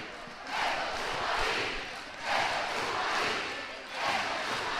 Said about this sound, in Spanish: Gritos de esto es Pumarín